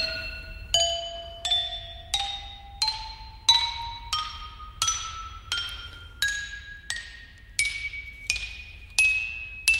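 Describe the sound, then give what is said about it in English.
Struck stone lithophone bars, ancient stone pestles from the Sahara about 10,000 years old, ring out one after another in a rising scale, about thirteen bright, clinking notes at a steady pace, each with a sharp attack and short ringing decay. “les pilons du Sahara sont déclarés officiellement instruments de musique en 2009, appelés lithophones”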